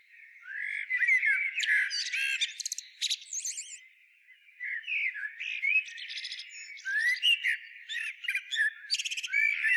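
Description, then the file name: Common blackbird, bursts of fluty whistles and loud high chattering squeaks, a pause near four seconds, then a second busy burst. "Turdus merula"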